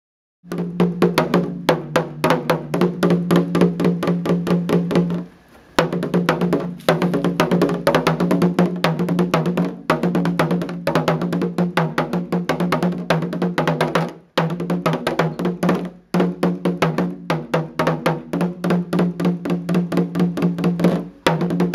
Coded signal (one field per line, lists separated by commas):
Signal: talking drum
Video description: Nana Kyeremateng Bafour demonstrates a language made of drumbeats that once carried messages through the rainforest.